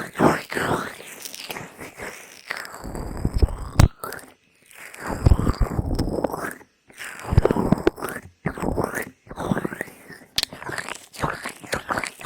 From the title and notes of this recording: ASMR INTENSE Ear Massage with Lotion (NO TALKING) Ear to Ear.